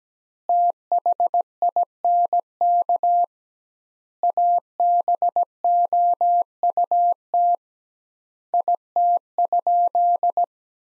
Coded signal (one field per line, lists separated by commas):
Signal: Morse code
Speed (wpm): 17 wpm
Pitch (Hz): 700 Hz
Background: none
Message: THINK ABOUT IT?